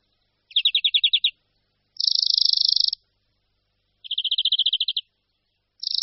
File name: Zvonek-zelený